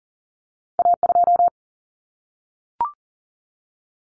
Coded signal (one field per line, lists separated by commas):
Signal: Morse code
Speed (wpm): 40 wpm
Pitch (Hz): 700 Hz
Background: none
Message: A2